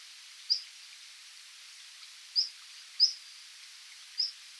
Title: Burung Anis Merah